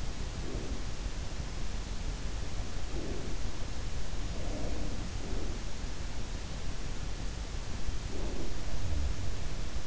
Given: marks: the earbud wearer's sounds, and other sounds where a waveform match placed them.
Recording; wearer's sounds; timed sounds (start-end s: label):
sounds in sleep by an in-ear microphone; breath
0.00-1.03 s: breath
2.81-3.59 s: breath
4.30-5.75 s: breath
7.86-9.28 s: breath